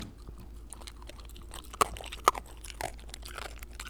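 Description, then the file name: Shiba Inu eating: steady crunching and chewing with soft clicks, punctuated by two sharp louder bites. While eating. "柴犬の食事中"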